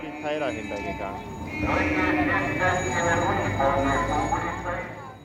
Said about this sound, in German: Und dies war die Antwort. Ein Hubkonzert. Gellend, dass man sich fast die Ohren zuhalten musste.